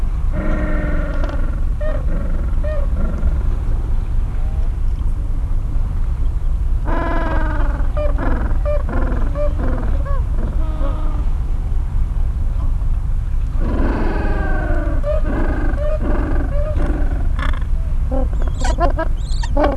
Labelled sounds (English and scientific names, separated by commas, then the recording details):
Gentoo Penguin (Pygoscelis papua)
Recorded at the colony at Neko Harbor, Antarctica, on 26 January 2015
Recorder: Song Meter SM2+